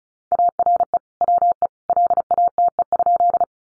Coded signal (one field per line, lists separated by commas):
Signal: Morse code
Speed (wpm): 34 wpm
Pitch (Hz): 700 Hz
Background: none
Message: ARE WE LATE?